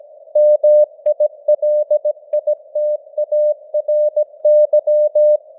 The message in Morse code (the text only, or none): MILITARY